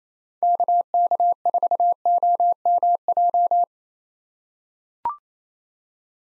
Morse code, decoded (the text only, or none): KK4OMJ